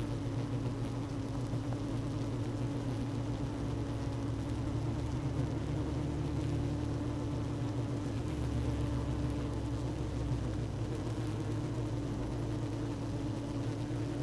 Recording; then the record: honeybee colony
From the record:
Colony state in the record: active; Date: 12 June 2018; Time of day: 16:05